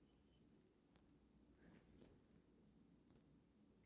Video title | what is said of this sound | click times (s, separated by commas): Dyson Lightcycle Desk Task Light Unboxing Setup & Review | maybe not it doesn't seem like it snaps into place but it does seem to stay together | none